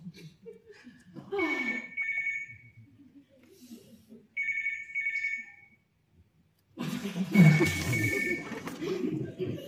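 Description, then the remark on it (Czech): A telephone rings in repeated electronic bursts of bright, steady tone separated by short pauses; the final ring comes louder, mixed with a rush of rumbling background noise. “Nikdy nezvedej telefon, zvlášť když tam nejsem.”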